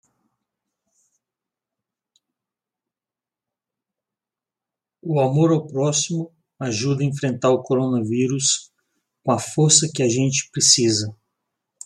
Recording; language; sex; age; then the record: spoken sentence; Brazilian Portuguese; male; 50 to 59 years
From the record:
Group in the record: control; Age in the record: 52 years